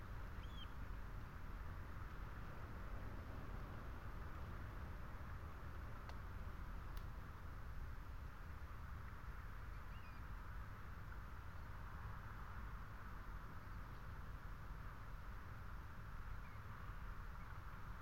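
Wind roars steadily past a lone tree and telegraph wires, a dense low rumble with a constant higher whine and occasional faint chirps.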